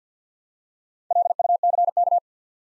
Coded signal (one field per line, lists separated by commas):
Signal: Morse code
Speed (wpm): 50 wpm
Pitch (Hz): 700 Hz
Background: none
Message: LUCK